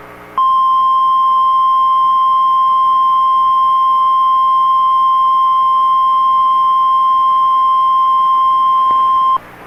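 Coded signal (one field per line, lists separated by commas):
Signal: Emergency Alert System (SAME) tones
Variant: 1050 Hz attention tone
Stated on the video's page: NOAA Weather Radio severe thunderstorm warning received via an online stream.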